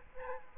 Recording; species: mosquito wingbeat signal from an infrared sensor; Aedes aegypti